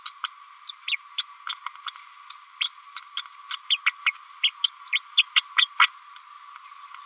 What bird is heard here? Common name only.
Green-rumped Parrotlet